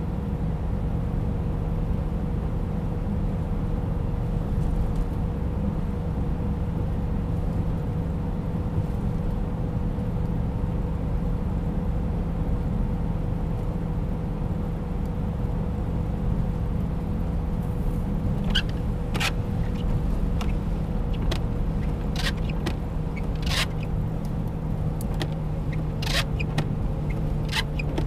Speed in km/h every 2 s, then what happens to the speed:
90, 91, 90, 92, 92, 92, 92, 92, 92, 91, 90, 89, 87, 83.
0-16 steady at about 92. 16-28 slows to 83.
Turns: none.